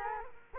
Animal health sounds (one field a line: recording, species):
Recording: mosquito wingbeat signal from an infrared sensor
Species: Culex quinquefasciatus